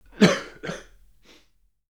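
Three brief cough bursts from an adult man, the first loudest, then a weaker second and a faint third, all within about a second and a half. A plain cough with a slightly throaty, clearing quality.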